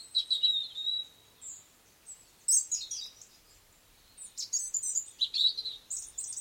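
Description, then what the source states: Bird song of sharp, high whistled notes and quick chirpy trills in three separate bursts, with quiet pauses between them. Sweet birdsong outside a window.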